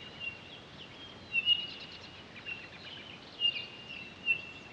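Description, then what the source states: Townsend's solitaire whistles, clear monotone notes, one early, a paired note in the middle, and two more toward the end, over faint soft chatter. Recorded 23 October 2011.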